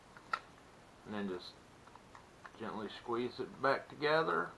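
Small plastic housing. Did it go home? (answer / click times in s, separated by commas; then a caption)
no / none. Two plastic halves of a fishing reel housing are handled and about to be squeezed back together after a small pole and tab have been fitted. Someone talks over a few faint, light ticks and taps, one sharper than the rest near the start. Nothing has seated or snapped together yet.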